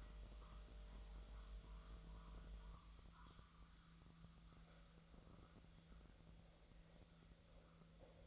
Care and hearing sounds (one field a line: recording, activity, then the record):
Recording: daily activity, microphone in the room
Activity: make coffee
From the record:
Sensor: 3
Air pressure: 1009.4 hPa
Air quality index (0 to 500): 198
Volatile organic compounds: 17 ppm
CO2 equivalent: 2565 ppm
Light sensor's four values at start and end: 33/83/35/37 and 33/83/35/38